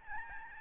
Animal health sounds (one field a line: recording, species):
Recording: mosquito wingbeat signal from an infrared sensor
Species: Aedes albopictus